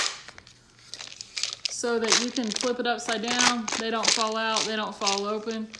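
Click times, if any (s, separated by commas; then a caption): 1.4 s. A removable plastic daily pill tray is pushed back into a large weekly pill organizer frame, with a few small plastic clicks and crinkles before it snaps in at 1.4 s. The tray seats and holds well enough for the organizer to be turned upside down, and someone talks throughout.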